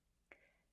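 The plastic snap end cap on a thread spool is snapped open at 0.3 s, releasing it so the thread end can be tucked inside. The snap is a single sharp click with a short ringing tail over a quiet background.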